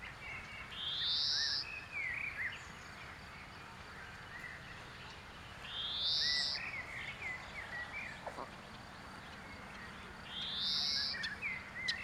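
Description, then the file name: European greenfinch repeating a harsh, wheezy buzz every few seconds, three in all, each followed by short twittering notes over a constant hiss. "Chloris chloris"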